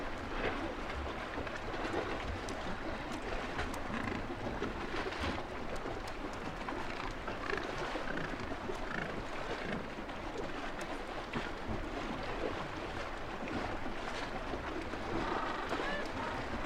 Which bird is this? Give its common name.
Gentoo Penguin